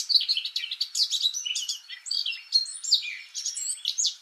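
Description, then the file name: Eurasian blackcap singing a rich, hurried warble of clear high whistles mixed with rapid chatter, unbroken throughout. "Sylvia atricapilla"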